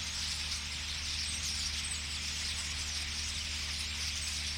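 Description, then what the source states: Chorus of common starlings, many overlapping high chirps and wheezy notes without a pause, while a low engine-like hum runs throughout. Flock singing in a tree at Boldixumstieg, Nieblum, Germany; cars in background; Zoom H3-VR ambisonic recording rendered binaural.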